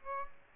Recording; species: mosquito wingbeat signal from an infrared sensor; Aedes aegypti